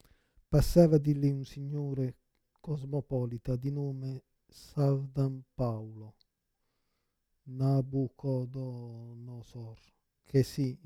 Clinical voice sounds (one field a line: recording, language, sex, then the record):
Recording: read passage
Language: Italian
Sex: male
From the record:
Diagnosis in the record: Parkinson's disease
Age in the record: 56 years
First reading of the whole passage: 87 s, 6.0 characters per second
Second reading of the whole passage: 67 s, 7.8 characters per second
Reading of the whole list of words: 59 s, 4.8 characters per second